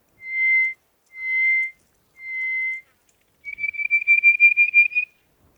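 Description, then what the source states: Greater hoopoe-lark calling: three short, level whistles followed by a quick, rattling run of notes that rises slightly in pitch, all very clean without background sound. Recorded at an oasis in Egypt.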